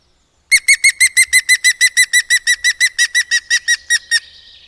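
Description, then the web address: European green woodpecker calling a long, laughing series of many loud, ringing notes. "agykontroll Madardalok Cd 2. Zöld küllő"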